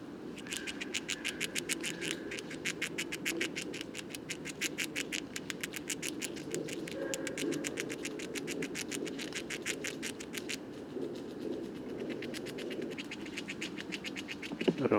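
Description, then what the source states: Eurasian red squirrel gnawing: a long run of rapid, regular dry clicks over a low background rumble. Wild squirrel in a Paris woodland, France, 23 November 2018, foggy, 5 °C, feeding heavily on abundant conifer seeds before winter rest; leaves mostly fallen.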